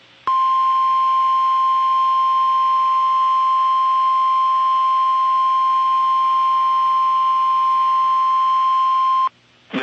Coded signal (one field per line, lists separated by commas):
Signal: Emergency Alert System (SAME) tones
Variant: 1050 Hz attention tone